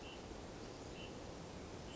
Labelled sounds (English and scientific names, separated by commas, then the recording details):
Hutton's Vireo (Vireo huttoni)
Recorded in Sonoma County, California